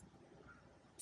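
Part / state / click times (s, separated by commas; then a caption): turn signal harness connector into vehicle wiring connector / not seated / none. A plug-and-play turn signal kit's harness connector is handled at the sealed plastic wiring connector under the steering column of a 2022-2023 CF Moto Z950 Sport/HOEX. Only quiet low rustling and handling noise is heard, with a brief louder broadband burst right at the end around 1.0 s. Nothing has seated or clicked yet.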